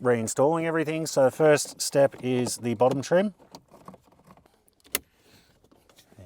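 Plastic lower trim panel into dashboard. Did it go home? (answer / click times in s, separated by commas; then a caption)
yes / 5.0 s. Someone talks while a plastic bottom trim panel is pressed back into the dashboard around the new screen of a 2019-2025 Silverado/Sierra 1500/2500/3500. A few small clicks and rustles follow, then a loud sharp snap at 5.0 s as the lower trim clips into place and seats.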